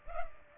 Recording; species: mosquito wingbeat signal from an infrared sensor; Culex pipiens